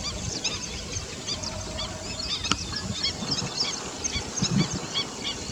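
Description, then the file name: Black-winged stilt calls, many short, sharp, nasal yapping notes tumbling over one another from a group, with steady low background rumble and a brief click midway. "Black-winged stilt 5 alok"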